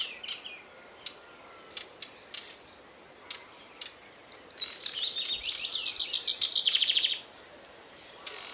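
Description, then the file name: Common chaffinch singing one rattling trilled phrase, with scattered sharp clicks and short notes before and after. "Fringilla coelebs"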